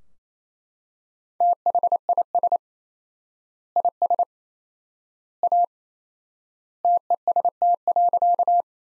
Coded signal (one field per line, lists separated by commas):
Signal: Morse code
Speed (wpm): 28 wpm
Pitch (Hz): 700 Hz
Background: none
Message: THIS IS A TEST.